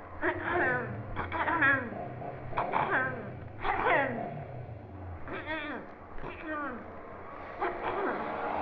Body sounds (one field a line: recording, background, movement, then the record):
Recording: throat clearing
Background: traffic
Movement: sitting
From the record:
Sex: female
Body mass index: 18.3 kg/m2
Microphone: on the chest, facing the body